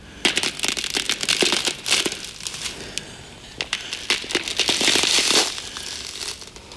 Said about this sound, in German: Knistereis.